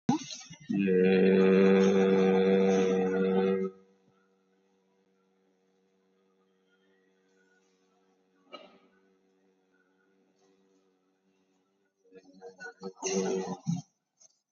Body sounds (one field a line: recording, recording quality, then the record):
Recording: sustained vowel as in made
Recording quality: excellent, no background noise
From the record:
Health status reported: COVID-19 positive, mild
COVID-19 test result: positive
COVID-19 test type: RT-PCR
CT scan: taken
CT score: 5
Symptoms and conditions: fever, fatigue, muscle pain, hypertension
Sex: male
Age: 42 years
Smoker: yes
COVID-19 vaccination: one dose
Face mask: worn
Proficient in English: yes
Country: India